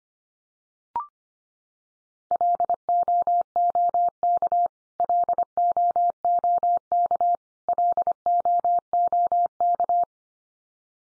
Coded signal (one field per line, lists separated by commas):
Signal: Morse code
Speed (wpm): 25 wpm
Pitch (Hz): 700 Hz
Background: none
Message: LOOK LOOK LOOK